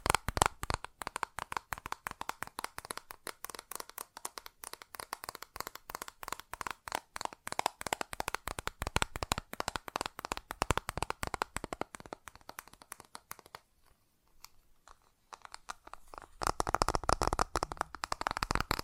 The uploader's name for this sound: Fast Tapping